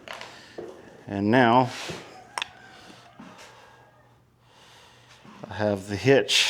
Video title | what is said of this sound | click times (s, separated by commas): Install & Review of the Hitch Doc Motorcycle Hitch | And then the uh the cotter pin clicks into place. | 0.1 s, 0.2 s